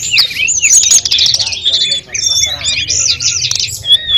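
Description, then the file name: Sunda robin song: brief burst of overlapping bright whistles and slurred notes, with a short dip in volume near the middle before the chorus resumes. Five birds singing together in a group session. "audio-gathering-5-ekor-tledekan"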